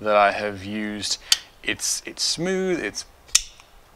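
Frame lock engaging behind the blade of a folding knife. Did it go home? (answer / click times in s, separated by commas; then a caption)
yes / 3.3 s. Someone talks while the titanium folding knife's blade is flipped open on its ball-bearing pivot. At 3.4 s the frame lock snaps into lockup behind the blade with a sharp click, and the blade is locked in place.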